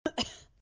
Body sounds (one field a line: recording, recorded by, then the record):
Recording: voluntary cough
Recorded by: messaging app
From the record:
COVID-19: negative